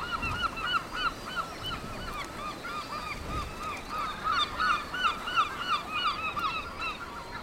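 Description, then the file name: Seabirds clamoring, many overlapping harsh, rising-falling calls in quick succession, over a steady hiss. Seabirds at Cap Fréhel. "oiseaux marins au cap frehel"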